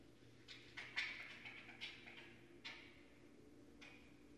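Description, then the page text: Raccoon giving a cluster of harsh chittering bursts, then a few isolated scratchy notes with quiet between them. Northern Raccoon recorded remotely at night on 4 January 2012 with an unattended recorder. "Night Sounds, Pt 6 – Raccoons – Stan Courtney. Raccoon 2012 01 04"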